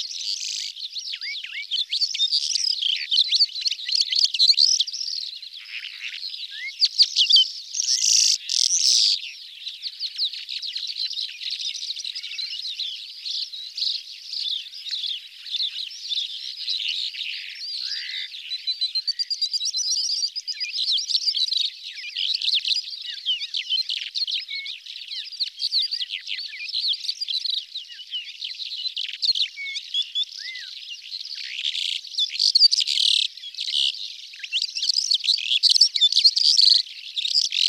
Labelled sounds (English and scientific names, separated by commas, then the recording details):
Calandra Lark (Melanocorypha calandra) song
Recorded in the wild
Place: Kalmückensteppe/Bogdo-Berg, RU
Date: 2006-05-27
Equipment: MiniDisc Sharp MT 20 H
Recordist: Schwarz, Dieter
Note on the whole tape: Song